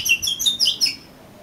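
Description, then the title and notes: Oriental magpie-robin giving a brief burst of high, thin whistled and twittering notes lasting under a second. "suara kacer. kumpulan suara burung kacer"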